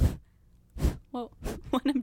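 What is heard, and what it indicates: Blowing vocal tic in an adult woman with Tourette syndrome: short breathy bursts of blown air interrupt her voiced speech sounds. The tic began at a birthday party when she kept trying to blow out the candle.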